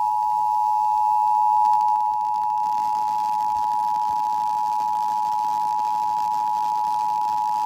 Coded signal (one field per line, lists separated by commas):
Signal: Emergency Alert System (SAME) tones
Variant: 853 and 960 Hz attention tone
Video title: EAS Alerts From 7/12/26: A Compilation (EAS 1316-1325)